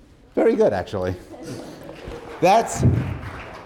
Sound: laughter

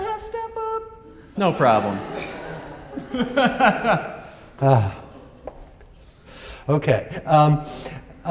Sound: laughs

